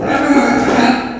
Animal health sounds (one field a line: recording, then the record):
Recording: squeal of a Yucatan mini pig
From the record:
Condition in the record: after surgery on the right vocal fold (resection and tissue-engineered implant)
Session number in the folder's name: 4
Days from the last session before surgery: 26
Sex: female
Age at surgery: 19 weeks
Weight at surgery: 25 kg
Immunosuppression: prednisolone